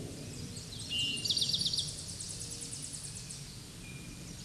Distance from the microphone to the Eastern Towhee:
about 15 m